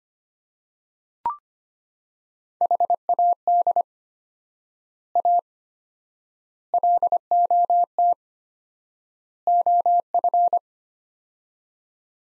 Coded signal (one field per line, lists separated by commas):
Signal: Morse code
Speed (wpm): 25 wpm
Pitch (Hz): 700 Hz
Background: none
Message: HAD A LOT OF